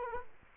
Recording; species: mosquito wingbeat signal from an infrared sensor; Culex quinquefasciatus